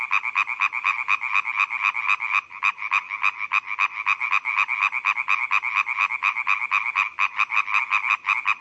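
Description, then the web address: European tree frogs giving fast, loud rattling croaks in a nearly unbroken series, briefly dipping at about two and a half seconds. "Laubfrosch"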